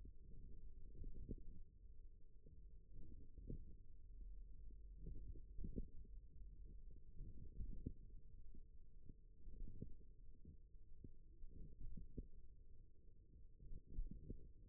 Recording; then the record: forearm muscle sounds (acoustic myography)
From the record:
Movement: wrist extension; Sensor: system 1, eight BSWA MPA416 microphones around the upper forearm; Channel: 3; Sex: male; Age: 41 years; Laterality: right